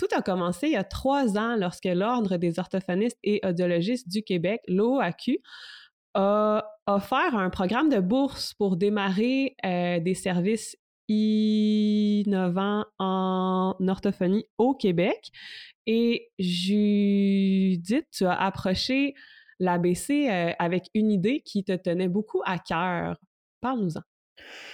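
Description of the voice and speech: An adult woman who stutters speaks French in a monologue. Her speech has prolonged, held sounds and noticeable pauses between words.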